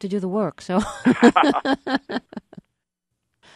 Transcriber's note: soundbite of laughter